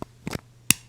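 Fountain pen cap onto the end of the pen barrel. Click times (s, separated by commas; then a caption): 0.7 s. The metal cap of a silver Aurora Ipsilon fountain pen is pushed onto the back end of the barrel (posted). A few faint taps and a short scrape come first, then a sharp, loud click at 0.7 s as the cap snaps on. The cap is seated, though it stays fairly loose and can turn all the way around the barrel.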